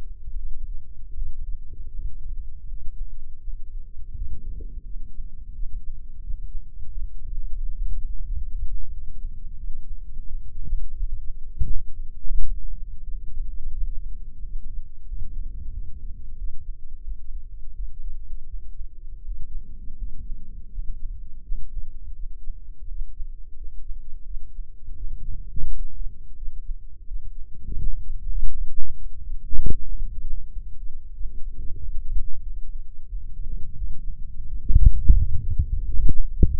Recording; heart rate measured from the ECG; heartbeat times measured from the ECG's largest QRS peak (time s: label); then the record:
heart sounds by microphone in the left ear; 86 bpm
0.36 s: heartbeat
1.14 s: heartbeat
1.91 s: heartbeat
2.67 s: heartbeat
3.41 s: heartbeat
4.13 s: heartbeat
4.85 s: heartbeat
5.53 s: heartbeat
6.21 s: heartbeat
6.89 s: heartbeat
7.57 s: heartbeat
8.24 s: heartbeat
8.91 s: heartbeat
9.58 s: heartbeat
10.25 s: heartbeat
10.94 s: heartbeat
11.64 s: heartbeat
12.34 s: heartbeat
13.02 s: heartbeat
13.72 s: heartbeat
14.40 s: heartbeat
15.07 s: heartbeat
15.72 s: heartbeat
16.36 s: heartbeat
17.02 s: heartbeat
17.74 s: heartbeat
18.47 s: heartbeat
19.23 s: heartbeat
19.97 s: heartbeat
20.70 s: heartbeat
21.42 s: heartbeat
22.14 s: heartbeat
22.86 s: heartbeat
23.56 s: heartbeat
24.25 s: heartbeat
24.95 s: heartbeat
25.66 s: heartbeat
26.36 s: heartbeat
27.06 s: heartbeat
27.77 s: heartbeat
28.48 s: heartbeat
29.18 s: heartbeat
29.86 s: heartbeat
30.51 s: heartbeat
31.14 s: heartbeat
31.77 s: heartbeat
32.41 s: heartbeat
33.07 s: heartbeat
33.75 s: heartbeat
34.46 s: heartbeat
35.18 s: heartbeat
35.91 s: heartbeat
From the record:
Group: healthy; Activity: rest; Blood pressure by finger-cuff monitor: 151/85 mmHg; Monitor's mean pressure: 99 mmHg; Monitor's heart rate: 87 bpm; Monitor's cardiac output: 8 L/min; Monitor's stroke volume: 93 mL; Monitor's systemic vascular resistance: 930 dyn s/cm5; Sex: male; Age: 57 years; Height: 188 cm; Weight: 106 kg